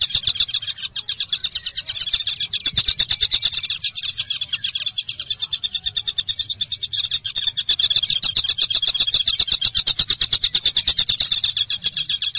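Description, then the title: Java sparrow producing a long, rapid, steady chatter of high ticking notes. "kicau gelatik"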